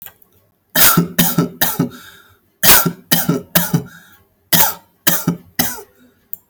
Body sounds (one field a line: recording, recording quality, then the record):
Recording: shallow voluntary cough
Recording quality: excellent, no background noise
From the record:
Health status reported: healthy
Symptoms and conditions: none ticked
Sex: male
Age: 34 years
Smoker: not ticked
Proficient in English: yes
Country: India